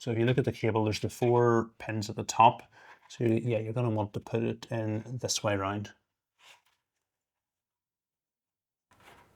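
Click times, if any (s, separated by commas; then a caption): none. Someone talks while holding a graphics card power cable, oriented with its four pins at the top, ready to go into the graphics card's power socket. Faint handling sounds follow near 6.5 s and 9.0 s after the talking stops. Nothing has seated or clicked yet.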